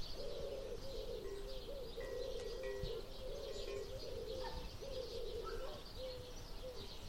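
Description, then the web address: Common wood pigeon cooing: a low, soft, hooting coo in drawn-out phrases, with faint chirps of other birds and steady background rumble. "cianscape. Deverinetal. Bird Only"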